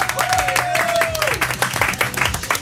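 Audience applause: dense, steady clapping fills the whole stretch, with a high whistle sliding downward early on and cheering voices mixed underneath.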